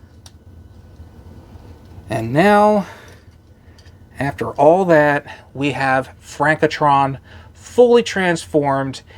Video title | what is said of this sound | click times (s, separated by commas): Frankenstein meets Transformers: The Epic Collaboration | and these have holes here on the side so you just got to make sure that they are lined up and snapped into place | 0.3 s